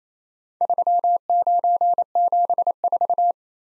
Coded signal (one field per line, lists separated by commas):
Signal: Morse code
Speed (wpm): 27 wpm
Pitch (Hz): 700 Hz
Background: none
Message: 3974